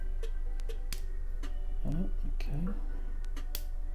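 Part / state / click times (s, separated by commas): padlock shackle releasing from the lock body / released / 3.6 s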